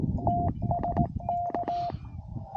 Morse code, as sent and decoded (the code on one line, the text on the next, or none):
- ... -.-
TSK